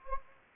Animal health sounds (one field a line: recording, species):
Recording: mosquito wingbeat signal from an infrared sensor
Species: Anopheles gambiae